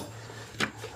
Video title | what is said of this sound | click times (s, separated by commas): Seadoo 4tec to DI part 2 | on tighten it until you hear a snap | 0.6 s